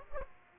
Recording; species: mosquito wingbeat signal from an infrared sensor; Aedes aegypti